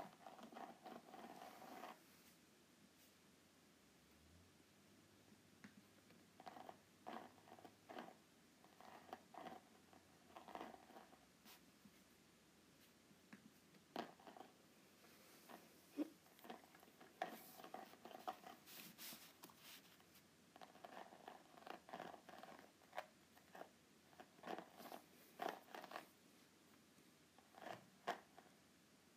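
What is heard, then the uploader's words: A groovy note pad is handled in short, irregular bursts of scratchy, papery rustling and tapping, several clusters every few seconds with brief quieter gaps. The sounds are crisp and bright, with a faint low hum underneath and a short low tone near four seconds. ASMR Groovy Note Pad.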